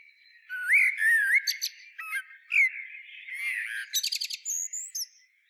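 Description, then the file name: Eurasian blackbird song: a flowing, fluty warble followed by quick, high chattering notes and a thin, squeaky flourish at the end. "Turdus merula"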